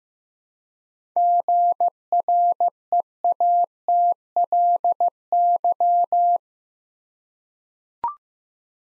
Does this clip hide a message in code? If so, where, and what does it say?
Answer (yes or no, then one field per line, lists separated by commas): yes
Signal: Morse code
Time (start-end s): 1.2-6.4 s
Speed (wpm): 15 wpm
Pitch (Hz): 700 Hz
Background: none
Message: GREATLY